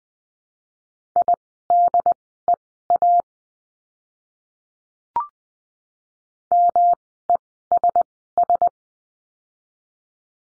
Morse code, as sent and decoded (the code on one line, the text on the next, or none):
.. -.. . .- / -- . ... ...
IDEA MESS